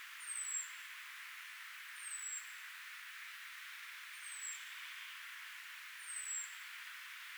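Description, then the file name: European robin calls: four short, very high, falling seeps spaced about two seconds apart against soft background noise. "Erithacus rubecula"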